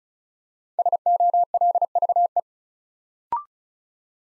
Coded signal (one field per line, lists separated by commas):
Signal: Morse code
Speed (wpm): 36 wpm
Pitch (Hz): 700 Hz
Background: none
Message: SOLVE